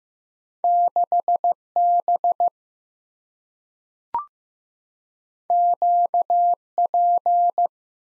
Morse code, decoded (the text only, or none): 6B QP